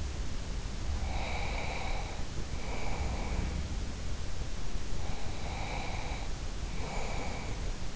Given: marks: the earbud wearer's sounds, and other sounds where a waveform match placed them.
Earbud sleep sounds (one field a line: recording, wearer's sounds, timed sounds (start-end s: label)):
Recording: sounds in sleep by an in-ear microphone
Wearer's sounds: breath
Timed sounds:
0.75-3.78 s: breath
4.97-7.96 s: breath